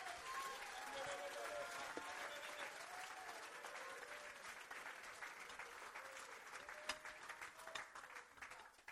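A church audience claps in a steady, dense wash of applause, with scattered voices cheering and calling out over it, holding at a fairly even level throughout, after a call to clap hands and lift up voices.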